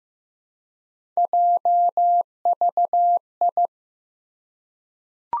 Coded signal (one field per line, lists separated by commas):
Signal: Morse code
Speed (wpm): 15 wpm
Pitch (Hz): 700 Hz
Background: none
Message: JVI